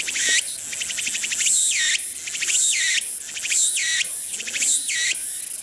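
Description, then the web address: Walker's cicada singing phrases just under one a second, each a rapid pulsing trill rising into a sharp upswept note, loud and high-pitched. Insect call. "昆虫 セミ ツクツクボウシ（ツクツクホウシ）の鳴き声. arpla 自然音研究室"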